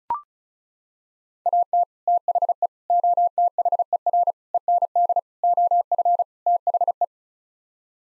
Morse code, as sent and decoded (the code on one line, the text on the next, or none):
.- - / - .... . / --- - .... . .-. / . -. -.. / --- ..-. / - .... .
AT THE OTHER END OF THE